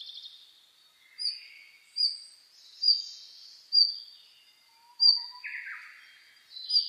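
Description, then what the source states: Birds singing in a dawn chorus: a clear high note repeated roughly every second, softer twitters between, and a brief buzzy descending phrase near the end. Dawn chorus (reimei) recorded on 10 May 2010.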